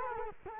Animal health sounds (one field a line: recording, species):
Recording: mosquito wingbeat signal from an infrared sensor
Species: Culex quinquefasciatus